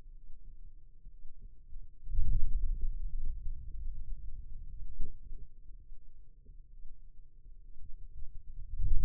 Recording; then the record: forearm muscle sounds (acoustic myography)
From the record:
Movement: hand opening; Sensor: system 2, bracelet of six BSWA MPA416 microphones around the upper forearm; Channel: 6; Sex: male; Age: 22 years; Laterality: right